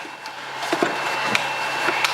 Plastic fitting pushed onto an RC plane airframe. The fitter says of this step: You'll hear them click in.